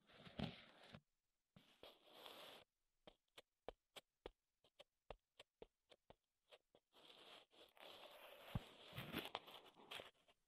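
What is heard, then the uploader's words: Wooden sounds: a couple of short bursts of rough scratching open the clip, then a run of crisp, evenly spaced taps, about two or three a second, from roughly three to seven seconds. The last few seconds turn to dense, continuous scraping and rubbing. ASMR Wood Triggers in Your Ears (No Talking).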